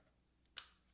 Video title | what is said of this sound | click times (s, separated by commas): Lockly Smart Lock - Lockly Secure Pro Full Review - DIY Installation & Tips ✅ | right, when you hear the click so you know that it's catching. | 0.6 s